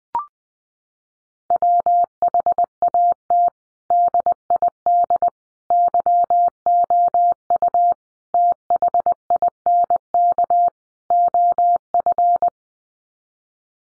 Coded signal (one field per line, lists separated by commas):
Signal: Morse code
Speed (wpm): 20 wpm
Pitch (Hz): 700 Hz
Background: none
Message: WHAT DID YOU THINK OF